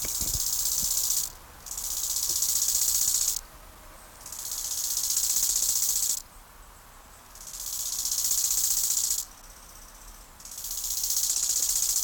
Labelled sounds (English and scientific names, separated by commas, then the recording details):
Bow-winged Grasshopper (Chorthippus biguttulus) stridulation
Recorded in the wild
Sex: pair
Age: imago
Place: Lienen, Nordrhein-Westfalen, DE
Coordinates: 52.145, 7.974
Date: 1991-09-14 17:45
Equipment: Marantz, Sennheiser ME 80, Kopie Tesla B 116
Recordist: Tembrock, Günter